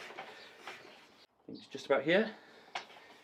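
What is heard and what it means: A tubeless bicycle tyre is inflated on an asymmetric bike rim while someone talks. At 2.8 s, the last section of rubber bead, where the line still disappeared under the rim, snaps up onto the rim's bead shelf with a sharp pop. The bead is confirmed seated.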